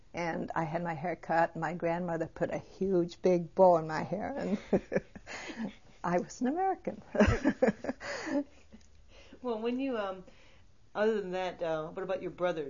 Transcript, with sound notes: And I had my hair cut, and my grandmother put a huge, big bow in my hair. I was an American. ( she laughs )
So when you, other than that, what about your brother?